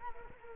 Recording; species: mosquito wingbeat signal from an infrared sensor; Culex quinquefasciatus